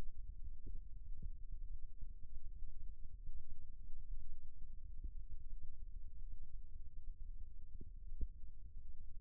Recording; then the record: forearm muscle sounds (acoustic myography)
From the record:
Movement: rest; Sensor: system 2, bracelet of six BSWA MPA416 microphones around the upper forearm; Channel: 1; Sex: male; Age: 22 years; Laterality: right